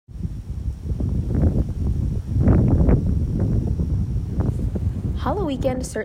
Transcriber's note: natural sounds: wind in leaves